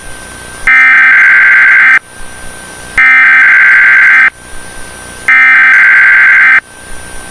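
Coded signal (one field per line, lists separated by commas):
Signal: Emergency Alert System (SAME) tones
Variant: header bursts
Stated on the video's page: Fictional EAS scenario with valid EAS tones.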